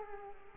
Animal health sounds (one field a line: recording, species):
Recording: mosquito wingbeat signal from an infrared sensor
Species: Culex quinquefasciatus